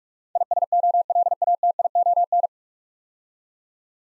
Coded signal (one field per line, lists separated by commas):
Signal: Morse code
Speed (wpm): 44 wpm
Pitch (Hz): 700 Hz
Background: none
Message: ISOLATION